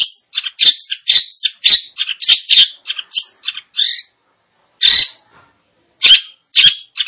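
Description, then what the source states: Long-tailed shrike song: a rapid tumble of harsh and whistled notes for four seconds, then a few isolated rasping calls. Indonesian name cendet; described as gacor, actively and vigorously singing.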